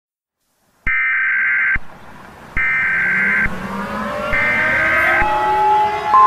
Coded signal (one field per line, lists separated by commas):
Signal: Emergency Alert System (SAME) tones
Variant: header bursts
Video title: EAS Mock Request #2 TOR-E in Jefferson, AL March, 23, 2022